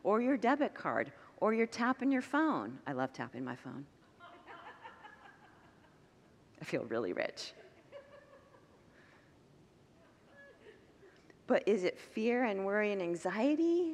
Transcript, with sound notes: Or your debit card? Or your tap on your phone? I love tapping my phone! [Congregants laugh] I feel really rich. But is it fear and worry and anxiety?